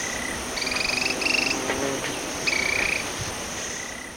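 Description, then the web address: Yellow tyrannulet gives several short, rapid buzzy trills, over a steady insect drone. Recorded in Ecuador. "Birds of Ecuador. Yellow Tyrannulet"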